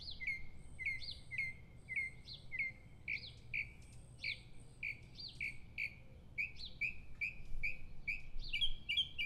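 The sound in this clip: Northern mockingbird song: sharp chirped notes repeated about twice a second, shifting to higher, tinkling phrases toward the end.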